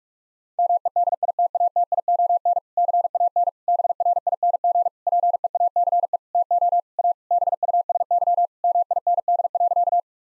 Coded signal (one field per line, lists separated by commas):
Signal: Morse code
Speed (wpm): 41 wpm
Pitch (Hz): 700 Hz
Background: none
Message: MEDITATION CAN BRING PEACE TO A BUSY MIND.